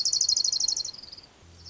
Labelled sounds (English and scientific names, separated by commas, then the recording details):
Orange-crowned Warbler (Leiothlypis celata)
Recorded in Sonoma County, California